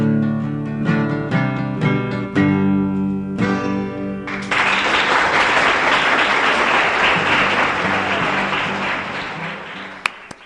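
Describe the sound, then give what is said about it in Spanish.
A song's final harmonica-like chords ring out for about four seconds, then loud, dense crowd applause bursts in and continues steadily to the end, with a few whoops. “Quizás ahí dentro de los aplaudientes estaba Hugo Mujica, recién llegado, habiéndose gastado ya algunos dólares en la entrada”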